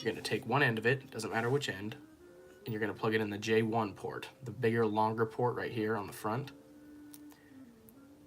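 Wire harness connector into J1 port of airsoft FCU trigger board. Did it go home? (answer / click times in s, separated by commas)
no / none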